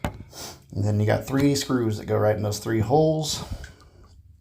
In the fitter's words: make sure it clicks in place